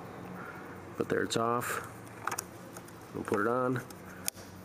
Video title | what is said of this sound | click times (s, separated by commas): Nissan electrical connector remove and install removal installation how to take off | clicks back into place | 4.3 s